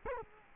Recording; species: mosquito wingbeat signal from an infrared sensor; Culex quinquefasciatus